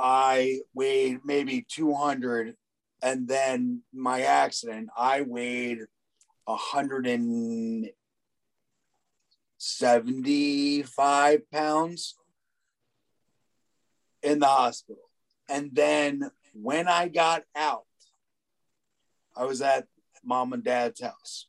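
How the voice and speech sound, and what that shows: Slow, halting speech from an adult man, a stroke survivor with aphasia: short phrases broken by long pauses, with drawn-out sounds between them.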